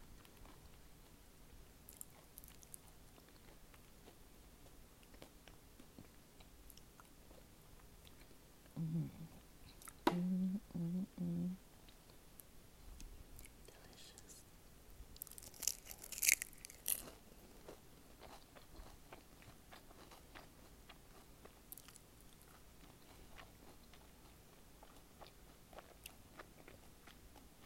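Someone eats salmon egg rolls with quiet biting and chewing clicks, a brief low hum near ten seconds, and a sharper clatter around sixteen seconds.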